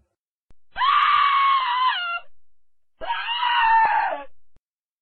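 Two long, loud screams from a person, each lasting over a second with a strained, harmonic-rich tone, separated by a short silence.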